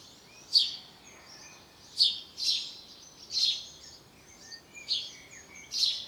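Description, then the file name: House sparrow calling with single sharp chirps spaced about a second apart, some doubled, against a quiet background. "Passer domesticus"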